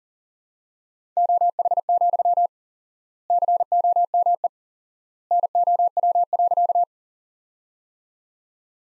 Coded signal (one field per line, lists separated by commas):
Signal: Morse code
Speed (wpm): 40 wpm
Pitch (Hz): 700 Hz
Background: none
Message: OH, COME NOW.